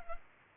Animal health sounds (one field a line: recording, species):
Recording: mosquito wingbeat signal from an infrared sensor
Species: Culex pipiens